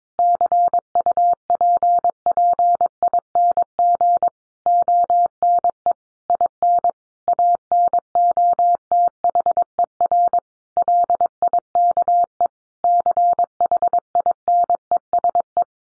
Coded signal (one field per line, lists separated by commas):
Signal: Morse code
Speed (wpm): 22 wpm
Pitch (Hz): 700 Hz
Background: none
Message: CUPPING ONE IN ANOTHER LIKE CHINESE